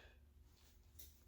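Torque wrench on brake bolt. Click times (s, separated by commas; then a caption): 1.0 s. A torque wrench on a brake bolt of a 2014 Dodge Durango clicks at its setting at 1.0 s, a brief bright snap over a low steady hum. The bolt is torqued to spec.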